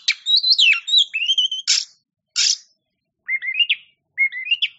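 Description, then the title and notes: Oriental magpie-robin song with fluid whistled phrases, two harsh rasping notes, then short rising whistled motifs repeated twice. Champion bird (kacer juara). "Kicau Burung Kacer Juara. Suara Kicauan Burung Kacer Juara"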